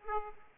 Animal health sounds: mosquito wingbeat signal from an infrared sensor; Aedes aegypti

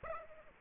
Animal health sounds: mosquito wingbeat signal from an infrared sensor; Aedes aegypti

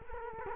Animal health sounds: mosquito wingbeat signal from an infrared sensor; Culex quinquefasciatus

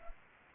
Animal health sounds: mosquito wingbeat signal from an infrared sensor; Anopheles arabiensis

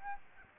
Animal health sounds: mosquito wingbeat signal from an infrared sensor; Aedes aegypti

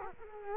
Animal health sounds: mosquito wingbeat signal from an infrared sensor; Culex quinquefasciatus

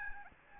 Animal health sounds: mosquito wingbeat signal from an infrared sensor; Aedes albopictus

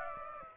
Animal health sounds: mosquito wingbeat signal from an infrared sensor; Aedes aegypti

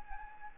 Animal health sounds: mosquito wingbeat signal from an infrared sensor; Anopheles gambiae

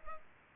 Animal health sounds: mosquito wingbeat signal from an infrared sensor; Culex pipiens

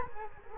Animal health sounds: mosquito wingbeat signal from an infrared sensor; Culex quinquefasciatus

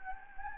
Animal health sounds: mosquito wingbeat signal from an infrared sensor; Anopheles gambiae

